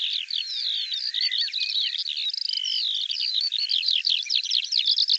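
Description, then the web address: Bird song, a quick varied medley of high twitters, whistled slides and downward sweeps delivered nonstop. Dated 2025; audio cleaned and normalized. "cianscape birddata Deverinetal 2025 File cleaned normalized Bird"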